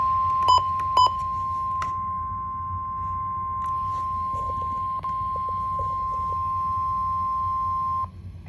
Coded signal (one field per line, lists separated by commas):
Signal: Emergency Alert System (SAME) tones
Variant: 1050 Hz attention tone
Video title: EAS Required Weekly Test Capture #3 8/30/2023